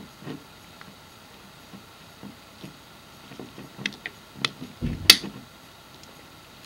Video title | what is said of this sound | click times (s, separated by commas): Haag Streit 900 BQ Slit Lamp mag changer refurb | that click it went in it's tight | 5.1 s